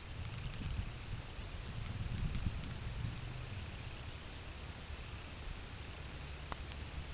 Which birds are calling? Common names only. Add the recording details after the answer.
Semipalmated Sandpiper. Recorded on Arctic tundra, site UTQI-8, on 11 June 2019. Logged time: 06:00